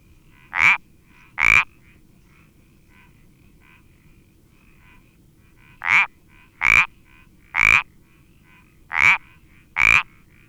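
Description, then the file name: Iberian parsley frog calls: short loud creaking notes, some paired, separated by a long pause, with faint quieter calls from other frogs between. "Sapillo Moteado Iberico Pelodytes Ibericus"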